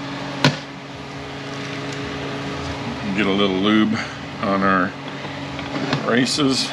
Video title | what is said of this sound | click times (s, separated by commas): A541E Rebuild | Let's pinch it together and it'll pop into place. | 0.5 s